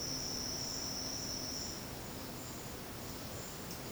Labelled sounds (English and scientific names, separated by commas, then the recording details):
none
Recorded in secondary vegetation near Puerto Asís, Putumayo, Colombia, on 19 February 2024 at 10:00
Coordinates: 0.472, -76.331
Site G6371